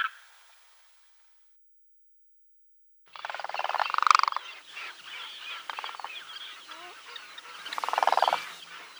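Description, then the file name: Demoiselle crane giving rattling, purring calls in a busy overlapping chorus after a brief opening note and a silence, with louder bursts near the middle and end. "zhuravl krasavka golos"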